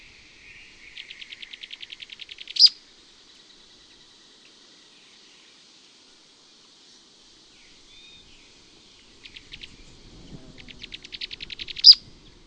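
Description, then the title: Mouse-colored Tyrannulet singing twice: a fast series of dry notes ending in a loud high note, a long silence, then a few scattered notes and a second similar run with the same abrupt finish. Nominate subspecies Phaeomyias murina murina. "LuckyPassaro Completos2Sama. Mouse-colored Tyrannulet (Phaeomyias murina murina)"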